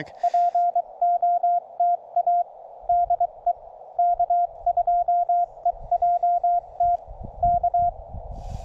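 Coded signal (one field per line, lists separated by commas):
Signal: Morse code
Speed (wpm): 22 wpm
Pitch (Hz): 690 Hz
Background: none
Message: POTA DE K2EJT K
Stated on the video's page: QRP CW activation on a Penntek TR-35 under very poor solar and band conditions.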